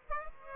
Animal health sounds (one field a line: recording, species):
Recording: mosquito wingbeat signal from an infrared sensor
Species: Aedes aegypti